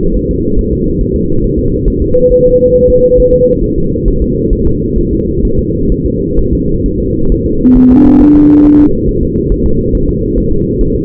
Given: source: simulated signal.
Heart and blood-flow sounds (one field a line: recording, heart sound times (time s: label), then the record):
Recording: fetal heart sounds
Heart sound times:
0.17 s: S1
0.31 s: S2
0.59 s: S1
0.73 s: S2
1.01 s: S1
1.16 s: S2
1.44 s: S1
1.59 s: S2
1.88 s: S1
2.02 s: S2
2.32 s: S1
2.46 s: S2
2.76 s: S1
2.90 s: S2
3.20 s: S1
3.34 s: S2
3.64 s: S1
3.78 s: S2
4.08 s: S1
4.22 s: S2
4.53 s: S1
4.67 s: S2
4.98 s: S1
5.13 s: S2
5.45 s: S1
5.59 s: S2
5.92 s: S1
6.06 s: S2
6.39 s: S1
6.53 s: S2
6.86 s: S1
7.00 s: S2
7.32 s: S1
7.46 s: S2
7.77 s: S1
7.91 s: S2
8.21 s: S1
8.36 s: S2
8.65 s: S1
8.80 s: S2
9.09 s: S1
9.23 s: S2
9.52 s: S1
9.66 s: S2
9.95 s: S1
10.09 s: S2
10.38 s: S1
10.52 s: S2
10.81 s: S1
10.96 s: S2
From the record:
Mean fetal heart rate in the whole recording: 135 bpm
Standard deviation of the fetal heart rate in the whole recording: 3 bpm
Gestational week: 36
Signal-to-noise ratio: -16.4 dB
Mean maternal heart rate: 72 bpm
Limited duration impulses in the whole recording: present